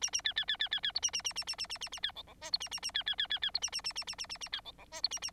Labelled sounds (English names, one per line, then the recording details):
Bengalese Finch song
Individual Bird9